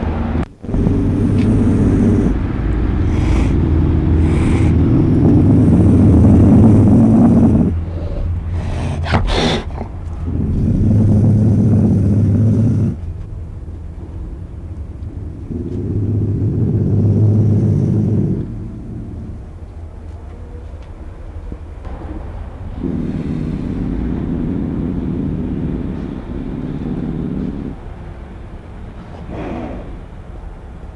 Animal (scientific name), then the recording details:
Lynx lynx. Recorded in captivity. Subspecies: kozlovi. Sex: female. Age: adult. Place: Zoo Rostock, Mecklenburg-Vorpommern, DE. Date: 1975-12-05 12:03. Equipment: Uher CR 210, Sennheiser MD 421, Verstärker, Kopie Unitra ZK 246. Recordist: Tembrock, Günter. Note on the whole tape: Baikal-Luchs, Weibchen mit Jungen: Knurren, Fauchen, Stoßlaute gegen Beobachter. Abstand 0,5 m